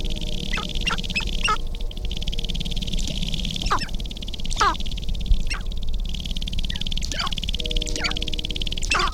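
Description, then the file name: Sharp-tailed grouse uttering scattered sharp, dropping cackles and clucks amid a steady high hiss, with brief tonal hums between calls. Recorded on 22 April 2005. "2005-04-22 Sharp-tailed Grouse"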